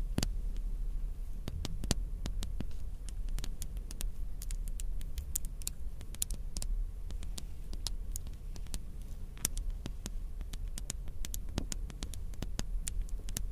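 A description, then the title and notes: Crystals, beads and ice tapped and knocked together, producing sharp, bright clicks at an irregular pace, sometimes in quick clusters and sometimes spaced apart. A steady low hum and faint rustling scratches run underneath throughout the fourteen seconds. Diamonds Sounds (Crystals, Beads, Ice, jewels, tapping, scratching).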